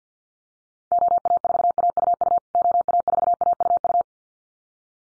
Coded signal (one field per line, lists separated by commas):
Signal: Morse code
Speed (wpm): 50 wpm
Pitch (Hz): 700 Hz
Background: none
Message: OA4AUU OA4AUU